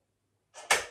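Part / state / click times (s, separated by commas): sandwich maker lid latch closing onto base / seated / 0.7 s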